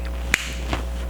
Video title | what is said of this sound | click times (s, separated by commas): Genre Parfums: First Impression | You hear that snap? | 0.3 s